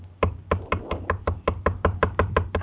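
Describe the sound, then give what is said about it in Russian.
Someone bangs on a door in a rapid, steady series of about a dozen hard, loud thuds, each blow sharp and evenly spaced, with no voices. “Слышь, я дверь долблю уже.”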